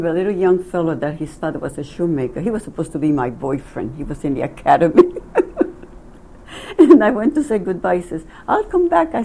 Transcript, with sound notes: A little young fellow, that his father was a shoemaker. He was supposed to be my boyfriend. He was in the Academy. (laughs) And I went to say goodbye, he says, I'll come back.